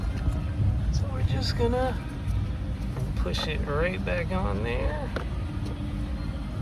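During an evaporator replacement on a 2016 Honda Pilot, a plastic HVAC component with a tab on the bottom is handled to be pushed back onto the HVAC housing while someone talks over a steady low background hum. Nothing has seated or clicked yet.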